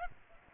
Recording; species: mosquito wingbeat signal from an infrared sensor; Aedes aegypti